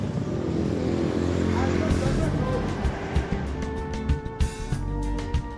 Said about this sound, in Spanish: Nos despedimos y salimos a enfrentar el caótico tráfico de la hora pico Bogotá.